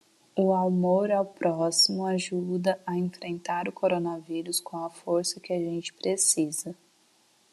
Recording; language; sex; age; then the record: spoken sentence; Brazilian Portuguese; female; 20 to 29 years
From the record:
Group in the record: control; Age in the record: 25 years